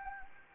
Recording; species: mosquito wingbeat signal from an infrared sensor; Anopheles gambiae